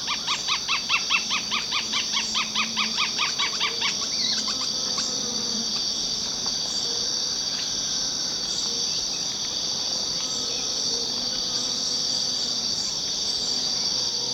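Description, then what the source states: Rufous-fronted thornbird song, a rapid series of repeated chipping notes for about four seconds, followed by a long steady high-pitched insect drone. Recorded in Ecuador.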